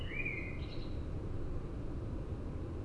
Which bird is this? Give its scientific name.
Turdus merula